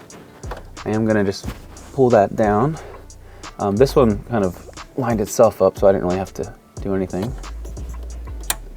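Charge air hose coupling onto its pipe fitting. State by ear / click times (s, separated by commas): seated / 8.5 s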